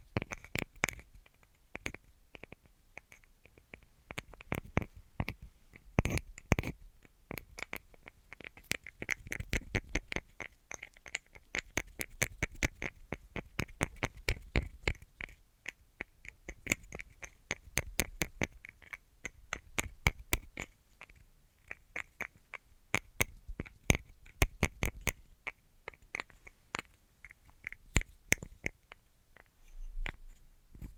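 Tapping in a quick, irregular stream of sharp, crisp clicks that runs the whole half minute, sometimes in dense bursts and sometimes thinning to scattered taps. A few heavier, fuller knocks land around the six- and ten-second marks, and the clicks carry a bright ringing tone.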